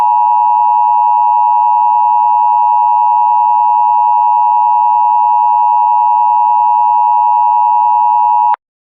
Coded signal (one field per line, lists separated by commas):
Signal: Emergency Alert System (SAME) tones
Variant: 853 and 960 Hz attention tone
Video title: EAS Scenario #8: The Easter Killings